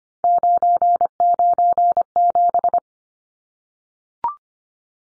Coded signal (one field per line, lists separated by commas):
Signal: Morse code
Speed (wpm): 25 wpm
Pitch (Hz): 700 Hz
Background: none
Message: 997